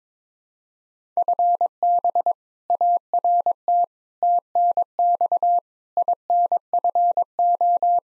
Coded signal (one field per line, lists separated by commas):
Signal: Morse code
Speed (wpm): 22 wpm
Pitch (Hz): 700 Hz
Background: none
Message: FB ART TNX INFO